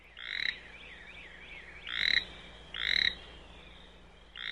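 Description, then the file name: Toad calling in short, bright, rasping bursts roughly once a second, with faint sweeping tones between calls. "Crapaud"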